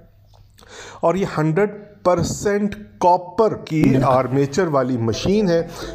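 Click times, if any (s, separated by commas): 0.6 s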